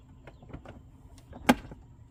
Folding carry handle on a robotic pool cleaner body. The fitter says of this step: it'll click into place